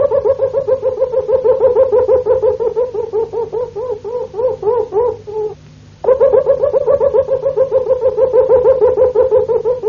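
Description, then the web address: Harz Roller canary song, a low, continuous rolling trill of rapid repeated notes, briefly dropping away near six seconds before resuming steadily. "canarios cantoharz"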